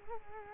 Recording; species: mosquito wingbeat signal from an infrared sensor; Culex quinquefasciatus